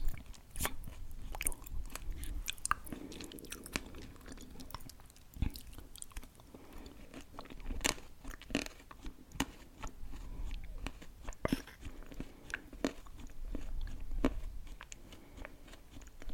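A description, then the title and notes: Chewing and biting fill the whole stretch, with sharp crunchy clicks arriving every half second or so, some louder snaps near the middle and end. Low mouth noises hum underneath. Eating Sounds & Mouthsounds.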